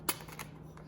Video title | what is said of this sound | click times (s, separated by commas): Affordable Cases for the iPad Pro 2018 with Smart Keyboard Folio | that back and it just snaps back into place | 0.1 s